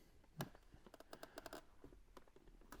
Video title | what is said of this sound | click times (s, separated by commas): Land Rover Defender L663 Chequer Plate Mirror Cover Options - Part / Full / Action Camera Mount | There you go. That's it. Look at that. Clicks into place. Quite affirming. | 0.4 s, 1.1 s